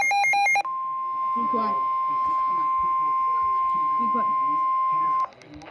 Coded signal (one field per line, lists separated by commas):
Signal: Emergency Alert System (SAME) tones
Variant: 1050 Hz attention tone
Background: speech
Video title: High Wind Warning NOAA Weather Radio (3/31/23)